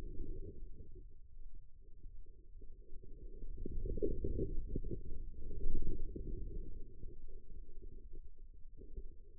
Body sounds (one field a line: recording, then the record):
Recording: forearm muscle sounds (acoustic myography)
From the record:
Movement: inward rotation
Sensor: system 2, bracelet of six BSWA MPA416 microphones around the upper forearm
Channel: 3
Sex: female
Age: 25 years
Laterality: right